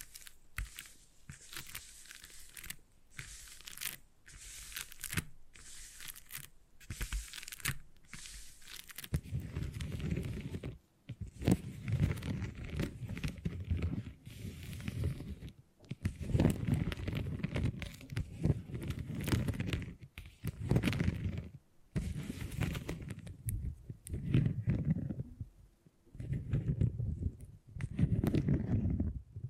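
Beeswax being handled in crinkly, crunchy bursts, sharp scratchy clicks early, then denser low squishing and crumpling rubs separated by brief pauses.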